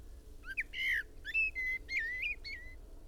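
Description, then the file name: Common blackbird producing a rapid string of clear whistled notes, some rising, some held flat, and a final slurred drop, over faint background hum. "Turdus merula"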